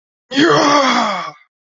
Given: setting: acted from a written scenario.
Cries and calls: vocal sound without words; triumph

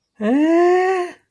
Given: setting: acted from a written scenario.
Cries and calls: vocal sound without words; confusion

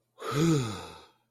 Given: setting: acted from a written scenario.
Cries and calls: vocal sound without words; relief

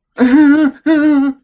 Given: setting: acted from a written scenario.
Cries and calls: vocal sound without words; fear

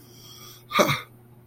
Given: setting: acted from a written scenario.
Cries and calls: vocal sound without words; neutral

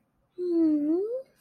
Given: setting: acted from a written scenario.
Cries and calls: vocal sound without words; serenity

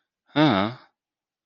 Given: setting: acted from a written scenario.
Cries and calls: vocal sound without words; sympathy

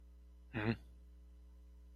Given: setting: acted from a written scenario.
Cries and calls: vocal sound without words; neutral

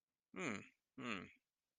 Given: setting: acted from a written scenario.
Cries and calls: vocal sound without words; desire

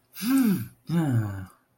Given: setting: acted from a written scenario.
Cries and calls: vocal sound without words; contentment

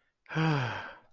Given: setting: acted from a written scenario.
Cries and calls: vocal sound without words; relief

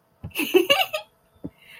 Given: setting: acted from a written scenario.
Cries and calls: vocal sound without words; amusement

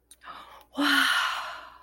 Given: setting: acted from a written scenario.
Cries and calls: vocal sound without words; elation

